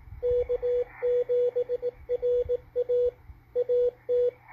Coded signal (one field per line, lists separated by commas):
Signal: Morse code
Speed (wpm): 18 wpm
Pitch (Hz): 490 Hz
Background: radio noise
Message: K7RA AT